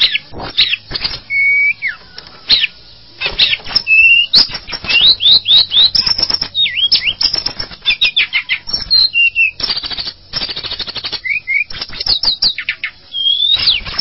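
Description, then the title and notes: Bird song, varied and energetic: whistles, sharp upswept and downswept slurs, and rapid clicking rattles in quick succession. "Bird Sound. Kicau Burung Lengkap"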